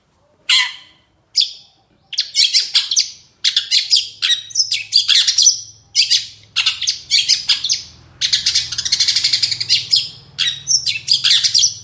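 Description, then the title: Long-tailed shrike song: scattered rasping notes at first, then continuous harsh chatter and buzzy trills, loud and repetitive. Full varied song in the morning; recording used as a lure and tutor song for training birds. "Cendet Gacor Dor Di Kala Pagi Toet Toet Variasi Suara. CENDET GACOR DOR FULL ISIAN - PENTET GACOR DOR"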